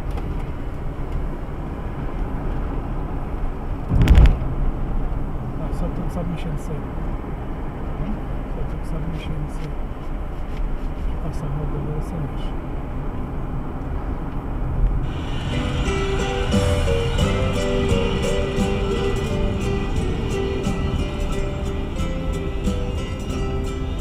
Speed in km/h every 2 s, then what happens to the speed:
58, 55, 54, 53, 52, 51, 50, 48, 46, 43, 37, 33.
0-24 slows to 33.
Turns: none.